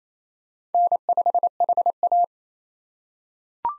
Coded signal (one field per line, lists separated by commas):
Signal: Morse code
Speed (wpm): 28 wpm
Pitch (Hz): 700 Hz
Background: none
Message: N5HA